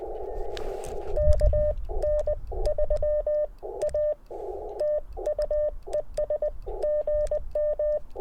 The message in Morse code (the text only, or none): KN3A TU ES GM